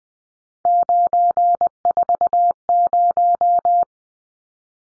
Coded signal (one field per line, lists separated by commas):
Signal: Morse code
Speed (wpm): 20 wpm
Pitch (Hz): 700 Hz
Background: none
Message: 940